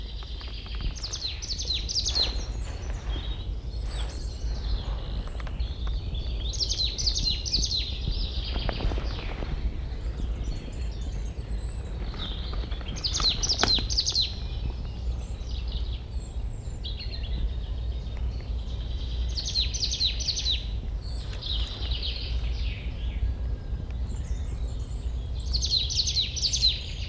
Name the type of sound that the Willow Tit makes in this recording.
song